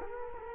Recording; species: mosquito wingbeat signal from an infrared sensor; Culex quinquefasciatus